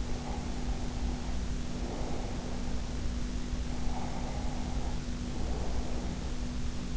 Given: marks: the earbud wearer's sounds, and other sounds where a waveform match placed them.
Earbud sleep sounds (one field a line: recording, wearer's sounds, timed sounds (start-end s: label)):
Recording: sounds in sleep by an in-ear microphone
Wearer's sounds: breath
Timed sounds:
0.00-2.71 s: breath
3.63-6.60 s: breath